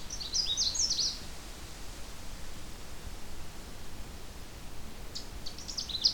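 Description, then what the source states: Canada Warbler song: a short, bright, jumbled burst of high chips and warbles, then a second phrase beginning near the end, over steady background hiss. Male singing very close and unseen; fairly short, very bright, cheery song; late June, along a trail through a swamp.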